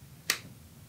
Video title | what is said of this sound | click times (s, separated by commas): FS1 Knife Prototype by Carter Cutlery | and that's a really secure sheath you can hear it oh absolutely you can hear it snap in | 0.3 s